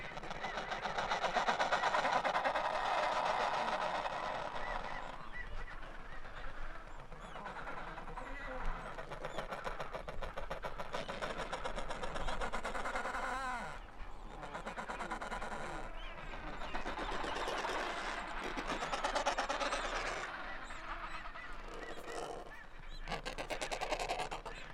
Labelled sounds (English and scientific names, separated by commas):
Adelie Penguin (Pygoscelis adeliae) call